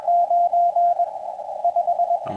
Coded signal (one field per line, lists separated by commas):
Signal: Morse code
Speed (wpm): 21 wpm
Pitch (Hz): 700 Hz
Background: radio noise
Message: 9 5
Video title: Saturday Morning Radio 6-13-2026